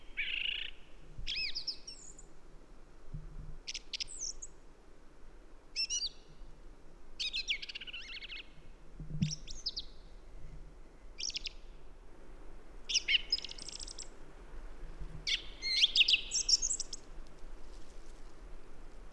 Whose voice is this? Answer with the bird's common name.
Song Thrush